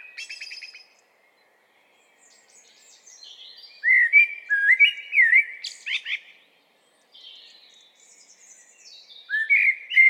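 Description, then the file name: Eurasian blackbird delivering several fluting, slurred phrases with scratchy high twitters mixed in, broken by short silent pauses. "Turdus merula"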